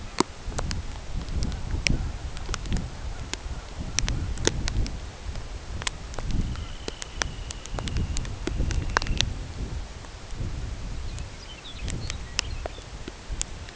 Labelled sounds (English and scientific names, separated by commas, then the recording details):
unidentified sound, Dunlin (Calidris alpina), Lapland Longspur (Calcarius lapponicus)
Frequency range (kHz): Dunlin (Calidris alpina) 2.3-3.7 kHz; Lapland Longspur (Calcarius lapponicus) 1.6-6.3 kHz
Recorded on Arctic tundra, site CORI-1, on 13 June 2018
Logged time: 16:00